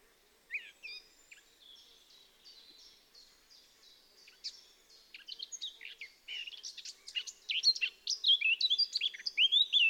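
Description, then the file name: Eurasian blackcap song: quiet, chattering notes building steadily into loud, rich warbling with clear flutey whistles over the last few seconds. "Sylvia atricapilla"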